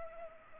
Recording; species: mosquito wingbeat signal from an infrared sensor; Culex pipiens